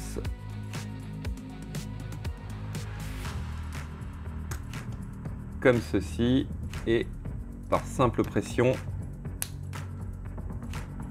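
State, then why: Seated. Two plastic halves of the gun for an Altaya RoboCop model figure (issue 45) are pressed together by hand, and a single sharp snap sounds at 9.4 s as the gun part seats onto the other half. Someone talks over background music throughout. The parts are confirmed fitted together.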